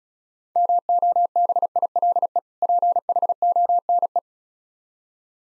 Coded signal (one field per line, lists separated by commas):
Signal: Morse code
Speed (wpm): 36 wpm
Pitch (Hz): 700 Hz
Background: none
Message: MOBILE PHONE